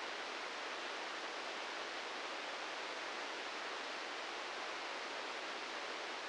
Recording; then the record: brain microelectrode recording played as sound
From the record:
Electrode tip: inside the subthalamic nucleus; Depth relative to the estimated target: -6 mm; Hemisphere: left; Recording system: NeuroSet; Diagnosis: Parkinson's disease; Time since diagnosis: 13 years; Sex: male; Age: 66 years